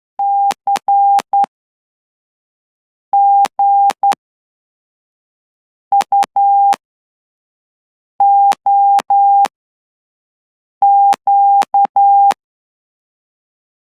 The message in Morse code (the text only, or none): CGUOQ